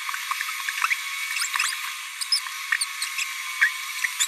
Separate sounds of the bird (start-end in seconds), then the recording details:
0.90-0.94, 2.21-2.23, 2.81-2.85, 4.19-4.26. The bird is a male. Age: 26 days. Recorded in a nest box in Venezuela. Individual 17B42A3